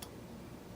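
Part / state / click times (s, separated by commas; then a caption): electron microscope specimen holder into goniometer airlock / seated / 0.0 s. An electron microscope specimen holder is pushed in by hand, its pin lined up with the cup on the microscope goniometer, to engage it in the airlock. A short sharp click sounds at 0.03 s, followed by steady low background hum. The holder is seated, so the airlock can be switched to pump.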